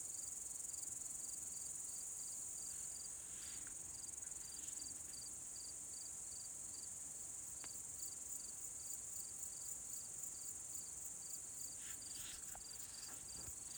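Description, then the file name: Cricket chirping: short high pulses repeated about three times a second, unevenly spaced, over a steady shrill high-pitched insect trill. "Grillen"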